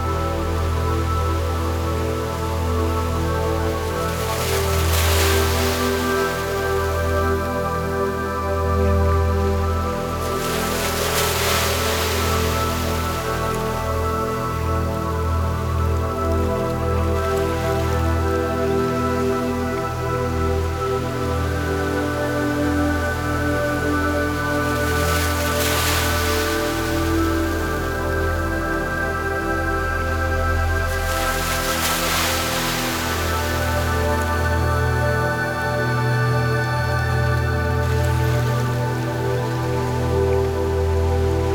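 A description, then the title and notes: Ocean waves wash in as bright, hissing surges near 5, 11, 26 and 32 seconds, with softer swells between. Underneath, a steady low droning hum with layered tones runs the whole time, keeping the overall level even. Light and Crisp Ocean Waves.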